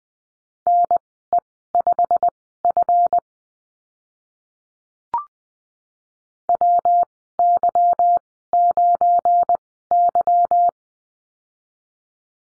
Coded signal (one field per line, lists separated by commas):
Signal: Morse code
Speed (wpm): 19 wpm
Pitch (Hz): 700 Hz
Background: none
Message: NE5F WY9Y